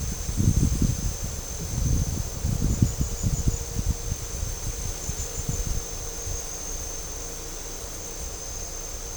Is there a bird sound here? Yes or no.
no